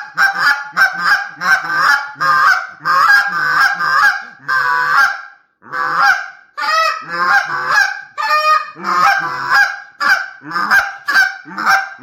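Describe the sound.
Goose honking, loud nasal honks in rapid bursts, several birds calling over one another almost continuously with brief pauses near five and a half and six and a half seconds.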